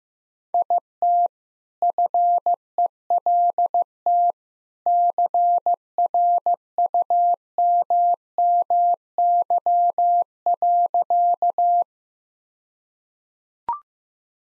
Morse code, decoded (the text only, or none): IT FELT CRUMMY.